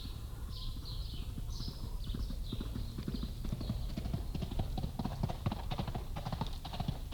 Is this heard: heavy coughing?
no